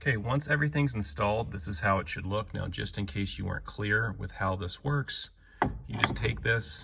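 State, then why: Not seated. Someone talks while handling a Mustang steering wheel on its quick-release coupling, about to push it onto the steering hub. Nothing has seated or locked into place yet when the clip ends.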